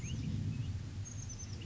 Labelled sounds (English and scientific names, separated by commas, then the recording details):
Oak Titmouse (Baeolophus inornatus)
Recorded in Sonoma County, California